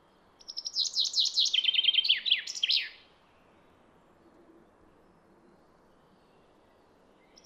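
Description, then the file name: Common chaffinch delivering one full song, a fast descending trill of ringing notes closing with a flourish, then silence and a hint of the next. "Fringilla coelebs"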